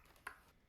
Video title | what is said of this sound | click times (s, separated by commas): Vax Platinum Smart Wash Review - Best Carpet Washer 2023 | then slide the container down the two grooves until it locks into place | 0.3 s